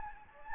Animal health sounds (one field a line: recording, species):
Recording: mosquito wingbeat signal from an infrared sensor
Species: Anopheles gambiae